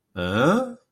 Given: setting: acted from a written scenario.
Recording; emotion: vocal sound without words; confusion